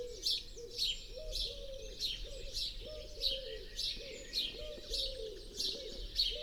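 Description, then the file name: House sparrow chirps repeating quickly, nearly two per second, mixed with prominent rhythmic cooing from doves and a noisy background hum. "Passer domesticus"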